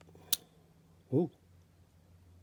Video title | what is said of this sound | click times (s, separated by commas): Corgi Ferrari 312 B2 #DieCast #Restoration | clicked into place | 0.3 s